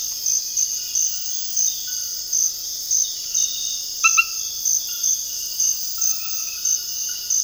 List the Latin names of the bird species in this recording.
none